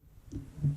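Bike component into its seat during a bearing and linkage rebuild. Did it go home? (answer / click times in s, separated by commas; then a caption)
no / none. A part on a 2012 KTM 150 SX dirt bike is being handled and pressed toward its seat during a bearing and linkage rebuild. Only low, dull thuds are heard, a soft one near 0.3 s and a louder one near 0.65 s. Nothing has seated or clicked yet.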